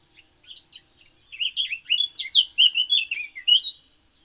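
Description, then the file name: Eurasian blackcap singing, opening with a soft, hurried twitter that swells into a run of rich, loud whistled notes. "Sylvia atricapilla"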